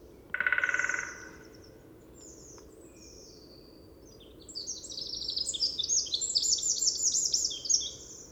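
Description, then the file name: Eurasian wren: a short grating buzz, a quiet pause, then a long, energetic high-pitched trilling song of rapid repeated notes for nearly four seconds. "Troglodytes troglodytes"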